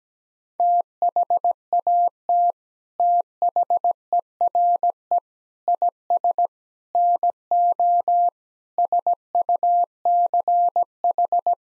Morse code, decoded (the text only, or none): THAT THERE IS NO SUCH